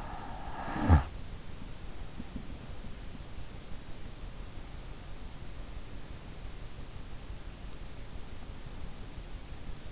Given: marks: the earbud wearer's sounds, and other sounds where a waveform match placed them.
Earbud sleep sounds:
sounds in sleep by an in-ear microphone; snoring breath
0.00-1.48 s: snoring breath

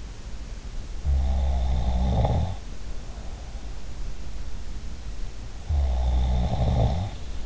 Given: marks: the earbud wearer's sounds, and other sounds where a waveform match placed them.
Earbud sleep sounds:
sounds in sleep by an in-ear microphone; snoring breath
0.95-2.71 s: snoring breath
5.55-7.45 s: snoring breath

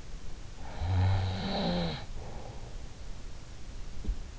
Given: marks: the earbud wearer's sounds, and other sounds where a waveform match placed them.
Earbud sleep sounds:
sounds in sleep by an in-ear microphone; snoring breath
0.45-3.03 s: snoring breath

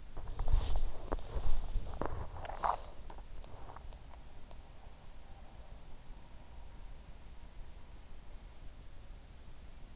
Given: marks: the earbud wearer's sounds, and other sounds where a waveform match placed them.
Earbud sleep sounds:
sounds in sleep by an in-ear microphone; body movement, breath
0.00-3.89 s: body movement
0.43-0.87 s: breath

